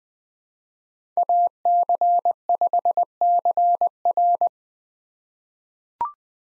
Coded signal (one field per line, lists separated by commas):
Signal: Morse code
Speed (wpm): 20 wpm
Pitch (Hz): 700 Hz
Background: none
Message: AC5CR